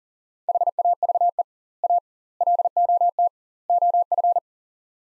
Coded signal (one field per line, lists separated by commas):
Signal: Morse code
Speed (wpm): 40 wpm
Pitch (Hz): 700 Hz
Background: none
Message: HAVE A LOT OF